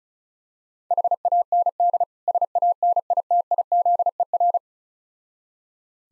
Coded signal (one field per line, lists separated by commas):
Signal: Morse code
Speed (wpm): 36 wpm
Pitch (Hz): 700 Hz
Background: none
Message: HAND SANITIZER